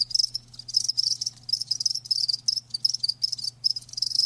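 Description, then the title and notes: Crickets chirping in distinct high pulsed bursts, short silences between, with a low hum underneath. Live crickets chirping. "Live Crickets Chirping. RainManCJ"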